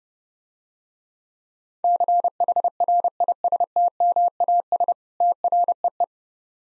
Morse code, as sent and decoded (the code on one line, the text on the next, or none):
-.-. .... .-. .. ... - -- .- ... / - .-. . .
CHRISTMAS TREE